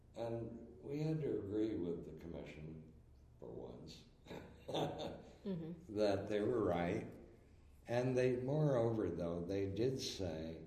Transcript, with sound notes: and we had to agree with the commission for once,, [laughs] that they were right. They moreover though—they did say